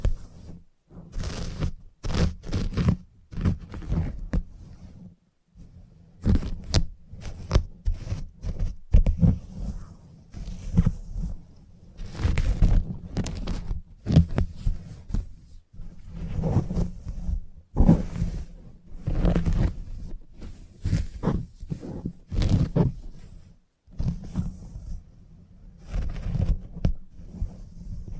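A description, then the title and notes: Salon haircut and head massage sounds: dense, irregular rubbing and brushing against the hair, with soft thuds and low muffled movement throughout. Frequent short crisp snips and scrapes come in bursts, broken by a few brief silent gaps near 5, 16 and 24 seconds. ASMR Relaxing Salon Haircut Head Massage, Scissors and Clipper(No Talking).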